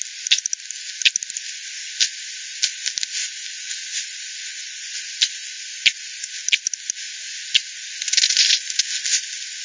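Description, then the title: Bat echolocation pulses as irregular clicks over steady hiss, with a busy crackling burst near the end. Multiple bats at the Hogsmill River by Hogsmill Lane, 7 October 2020, 18:10; frequency-division recording (FD10), bandpass-filtered and resampled. "WW bat 20201007 T 18 : 10 Z-Hogsmill-Lane-Hogsmill-River-multiple-bats-FD 10"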